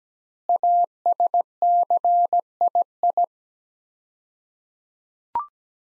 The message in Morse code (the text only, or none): ASCII